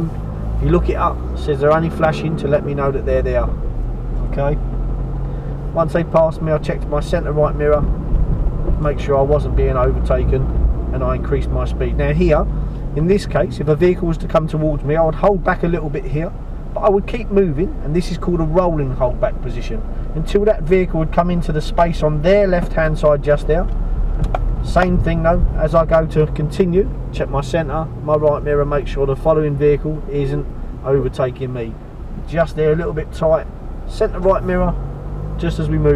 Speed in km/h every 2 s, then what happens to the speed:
13, 18, 21, 23, 24, 27, 23, 16, 15, 13, 13, 16, 19, 21, 16, 8, 5, 11.
0-9 speeds up to 27. 11-17 slows to 13. 17-25 speeds up to 21. 25-31 slows to 5.